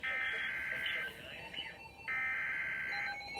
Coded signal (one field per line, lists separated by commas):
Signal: Emergency Alert System (SAME) tones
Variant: header bursts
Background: speech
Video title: Flash Flood Warning (EAS #373)